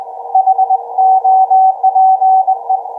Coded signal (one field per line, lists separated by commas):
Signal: Morse code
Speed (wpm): 20 wpm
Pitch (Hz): 760 Hz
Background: none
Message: HOPE